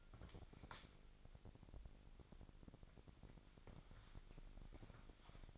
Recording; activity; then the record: daily activity, microphone in the room; wipe stove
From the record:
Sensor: 5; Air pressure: 1001.7 hPa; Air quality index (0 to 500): 176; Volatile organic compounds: 10 ppm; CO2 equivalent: 2254 ppm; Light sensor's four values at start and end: 22/77/29/30 and 22/76/29/29